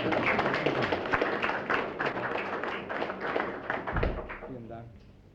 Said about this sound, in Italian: Allora un applauso a questo libro.